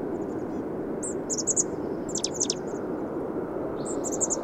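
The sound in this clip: Bird song with high, sweet chirps in quick clusters and a few sharp descending notes near the middle, set against constant low background noise.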